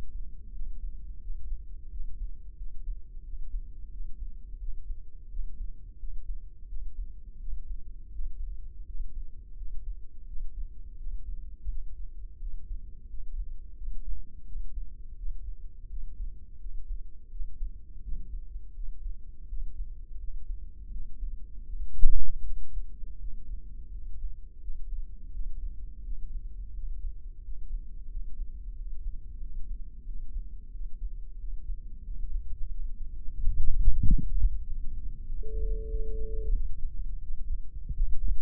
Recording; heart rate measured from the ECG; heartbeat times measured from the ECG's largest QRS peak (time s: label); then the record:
heart sounds by microphone in the left ear; 87 bpm
0.55 s: heartbeat
1.23 s: heartbeat
1.93 s: heartbeat
2.59 s: heartbeat
3.26 s: heartbeat
3.93 s: heartbeat
4.61 s: heartbeat
5.32 s: heartbeat
6.01 s: heartbeat
6.70 s: heartbeat
7.41 s: heartbeat
8.14 s: heartbeat
8.88 s: heartbeat
9.59 s: heartbeat
10.29 s: heartbeat
11.00 s: heartbeat
11.70 s: heartbeat
12.42 s: heartbeat
13.11 s: heartbeat
13.79 s: heartbeat
14.48 s: heartbeat
15.19 s: heartbeat
15.91 s: heartbeat
16.62 s: heartbeat
17.33 s: heartbeat
18.04 s: heartbeat
18.77 s: heartbeat
19.50 s: heartbeat
20.21 s: heartbeat
20.94 s: heartbeat
21.68 s: heartbeat
22.45 s: heartbeat
23.21 s: heartbeat
23.94 s: heartbeat
24.63 s: heartbeat
25.34 s: heartbeat
26.06 s: heartbeat
26.76 s: heartbeat
27.45 s: heartbeat
28.12 s: heartbeat
28.78 s: heartbeat
29.43 s: heartbeat
30.08 s: heartbeat
30.74 s: heartbeat
31.41 s: heartbeat
32.07 s: heartbeat
32.72 s: heartbeat
33.39 s: heartbeat
34.06 s: heartbeat
34.68 s: heartbeat
35.29 s: heartbeat
35.91 s: heartbeat
36.55 s: heartbeat
37.23 s: heartbeat
37.97 s: heartbeat
From the record:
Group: healthy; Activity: rest 0-34 s, Valsalva maneuver 34-38 s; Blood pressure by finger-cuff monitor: 140/88 mmHg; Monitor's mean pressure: 105 mmHg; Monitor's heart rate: 85 bpm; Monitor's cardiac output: 7.1 L/min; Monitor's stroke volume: 83 mL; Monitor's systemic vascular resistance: 1100 dyn s/cm5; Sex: male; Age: 21 years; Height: 175 cm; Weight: 72.6 kg